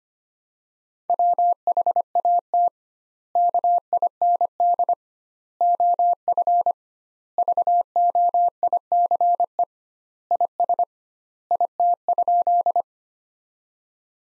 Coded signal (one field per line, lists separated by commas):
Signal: Morse code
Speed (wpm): 25 wpm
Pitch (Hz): 700 Hz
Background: none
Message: WHAT KIND OF VOICE IS IT?